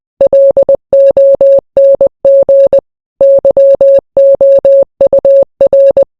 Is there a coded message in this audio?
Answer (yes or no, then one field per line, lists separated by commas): yes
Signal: Morse code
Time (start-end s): 0.2-6.0 s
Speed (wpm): 20 wpm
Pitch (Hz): 550 Hz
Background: none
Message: LONG YOUR